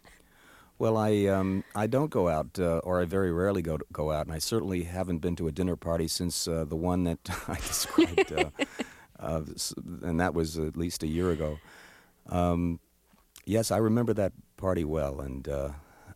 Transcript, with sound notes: Well, I don't go out, or I very rarely go out. And I certainly haven't been to a dinner party since the one that I described.
(LAUGHTER)
And that was at least a year ago. Yes, I remember that party well. And